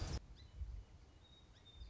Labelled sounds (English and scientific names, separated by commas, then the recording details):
Song Sparrow (Melospiza melodia)
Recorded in Sonoma County, California